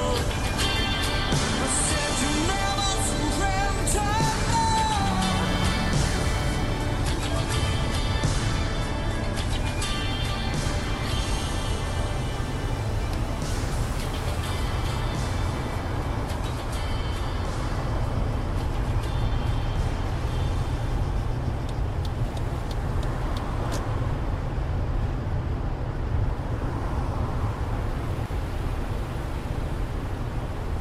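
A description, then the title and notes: Inside a moving vehicle, a steady low rumble of the engine and road fills the whole recording at an even level. Faint crackling radio chatter and tones flicker through the first half, with a brief rising whine near five seconds, then thin out. An 80s Summer Drive.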